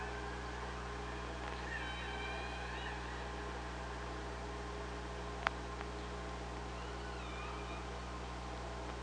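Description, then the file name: Killer whale calls, faint harmonic rising and falling tones at about two seconds and again near eight seconds, over steady underwater hum and a single sharp click. Recorded on the OrcaLab hydrophone, 24 August 2017, 05:25:18. "Orca Lab UTLN JASON 20170824 052518"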